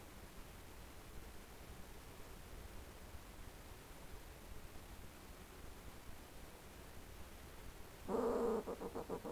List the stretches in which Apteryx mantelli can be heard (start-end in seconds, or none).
none